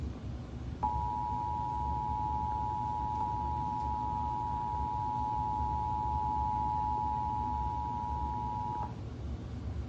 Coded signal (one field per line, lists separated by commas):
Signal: Emergency Alert System (SAME) tones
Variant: 853 and 960 Hz attention tone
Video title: Severe Thunderstorm Warning on KTXD-TV 47.1 (EAS #204)